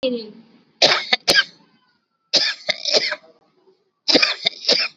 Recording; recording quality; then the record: shallow voluntary cough; excellent, no background noise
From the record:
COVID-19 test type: RT-PCR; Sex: male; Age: 56 years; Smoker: no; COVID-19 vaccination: both doses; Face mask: worn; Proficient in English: yes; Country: India